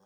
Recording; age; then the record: pig call; piglet (1 to 25 days)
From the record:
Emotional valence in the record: positive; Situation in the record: reunion after long isolation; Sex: male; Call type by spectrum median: low-frequency call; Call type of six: low-frequency tonal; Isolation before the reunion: 8 minutes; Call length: 0.06 s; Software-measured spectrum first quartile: 363 Hz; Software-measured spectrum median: 772 Hz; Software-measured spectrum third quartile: 2013 Hz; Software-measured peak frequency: 186 Hz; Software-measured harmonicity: 0.0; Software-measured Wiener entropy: -1.07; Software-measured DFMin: 1019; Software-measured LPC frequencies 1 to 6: 630, 3326, 5534, 6875, 8942, 11052 Hz